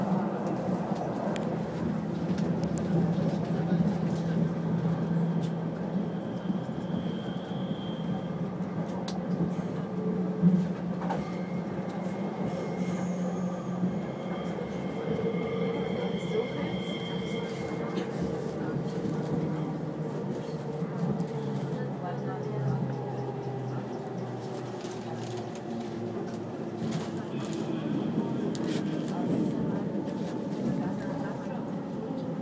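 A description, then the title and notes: A commuter train rumbles steadily from the inside, a deep constant hum with faint murmured voices, soft clicks, and occasional rising whines and squeals. Friday morning on the S-Bahn heading west.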